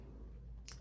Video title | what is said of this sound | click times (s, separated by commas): Canon EOS 400D Walkthrough | Then you turn clockwise direction. When you hear a click sound, means this is available. | 0.7 s